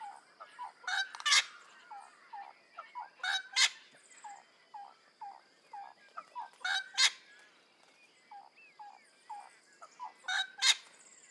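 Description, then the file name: Wattlebird calls: harsh, rasping bursts repeated every few seconds, with many short, lower clucking notes between and a steady high hum throughout. "Anthochaera"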